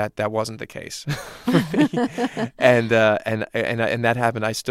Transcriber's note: laughter